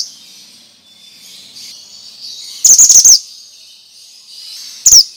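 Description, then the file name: Bird giving a quick run of five high, sharp chirps, then a single high note near the end, with faint high hiss between. Used as a lure for stressed birds; described as 'mantenan' sound. "Pancingan Ampuh Burung Stress Suara Mantenan"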